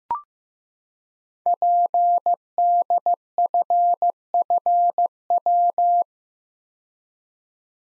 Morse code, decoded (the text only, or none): PDFFW